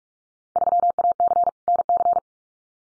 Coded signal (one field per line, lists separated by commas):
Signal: Morse code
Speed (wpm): 46 wpm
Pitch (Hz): 700 Hz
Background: none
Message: 3AC NC